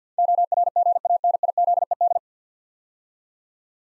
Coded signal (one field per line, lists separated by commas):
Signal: Morse code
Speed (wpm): 50 wpm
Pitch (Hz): 700 Hz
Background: none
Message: ORGANIZED